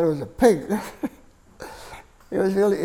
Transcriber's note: chuckles